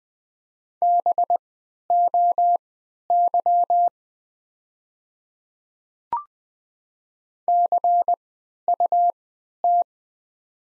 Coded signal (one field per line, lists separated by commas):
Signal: Morse code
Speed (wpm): 20 wpm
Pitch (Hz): 700 Hz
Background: none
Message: BOY CUT